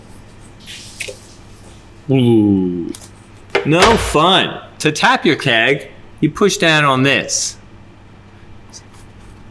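Someone talks while handling the coupler tap lever on a party keg, getting ready to push it down to tap the keg. No distinct click or snap is heard, and the lever has not yet seated or clicked into place by the end of the clip.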